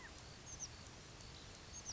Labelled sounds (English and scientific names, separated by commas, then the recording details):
Oak Titmouse (Baeolophus inornatus)
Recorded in Sonoma County, California